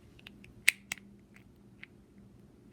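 Two halves of a plastic bouncy-ball mold are pushed together, with faint plastic ticks leading up to a loud, sharp click at 0.7 s, followed by a softer snap around 0.9 s and a light tick near 1.8 s. The click means the mold is sealed, and the halves are confirmed seated together.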